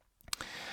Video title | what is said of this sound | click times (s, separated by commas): Aimimo Design AD-8168 (Nautilus Homage) 4K Watch Review | pushing it back in it's got a nice positive click and that restarts the movement so let's test screwing the crown back down | 0.3 s